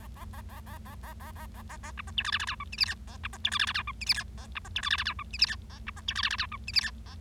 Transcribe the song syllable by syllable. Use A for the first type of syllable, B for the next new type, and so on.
A A A A A A A A A A A A B C D E F F G H I J K A B C D E F F G H I J K A B C D E F F G H I J K A B C D E F F G H I J K A